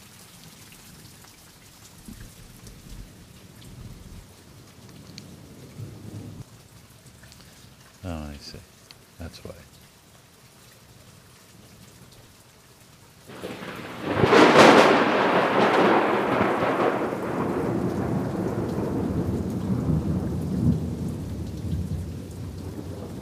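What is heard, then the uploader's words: Gentle rain patters quietly for about thirteen seconds, then a loud, rolling thunderclap breaks near fifteen seconds and rumbles on beneath steadier rain. North Captiva, Florida. Summer storm, thunder and the gentle sound of the rain from the gulf.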